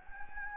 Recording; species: mosquito wingbeat signal from an infrared sensor; Anopheles gambiae